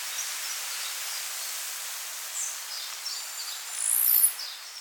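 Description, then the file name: Northern parula uttering a brief, piercing, high-pitched burst near the end, preceded by faint scattered high chips against constant hissing background noise. "Setophaga americana - Northern Parula"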